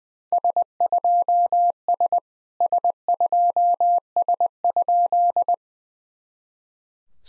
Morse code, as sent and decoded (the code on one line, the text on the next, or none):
... ..--- ... / ... ..--- ... ..--..
S2S S2S?